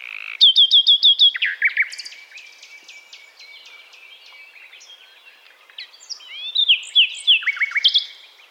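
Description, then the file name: Common nightingale song opening with a loud burst of repeated sharp whistled notes, then softer varied twittering, ending in another strong rapid phrase. "Luscinia megarhynchos"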